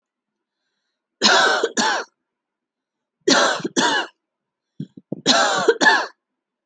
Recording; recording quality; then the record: heavy voluntary cough; excellent, no background noise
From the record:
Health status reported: healthy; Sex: female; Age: 43 years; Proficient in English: yes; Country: India